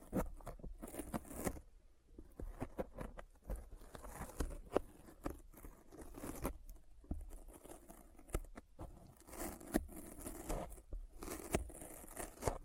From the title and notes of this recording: ASMR Intense Sticky Finger Sounds (No Talking).